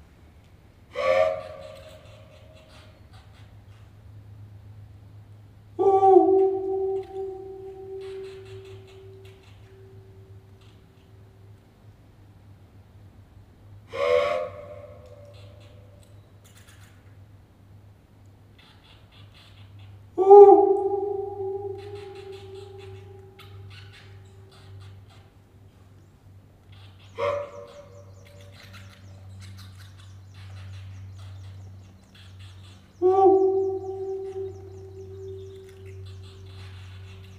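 Inside a disused rail tunnel, six short voice calls ring out at irregular intervals of roughly five to eight seconds, each leaving a long, fading echo. A steady low hum runs underneath throughout, and the space is otherwise quiet.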